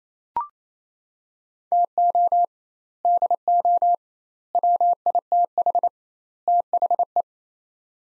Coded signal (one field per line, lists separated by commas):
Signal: Morse code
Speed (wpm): 28 wpm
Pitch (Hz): 700 Hz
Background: none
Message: TO DO WITH THE